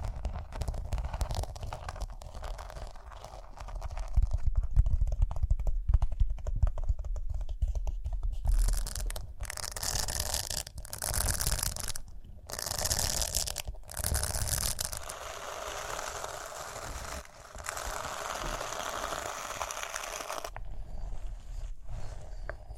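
Rhinestones are tapped in quick clicky bursts, then scratched and brushed in dense, bright swishing passes from about nine seconds onward.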